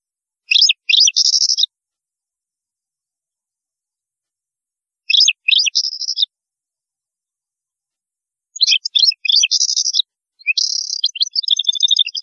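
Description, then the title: European goldfinch song: four short bursts of fast, tinkling, buzzy twitters, the first three separated by pauses of a few seconds, the last following closely after the third. "Chant Chardonneret"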